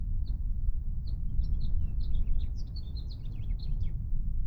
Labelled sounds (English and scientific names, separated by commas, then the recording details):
House Finch (Haemorhous mexicanus) song
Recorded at Atlantic Beach West on Long Island, New York, on 2 June 1975
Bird C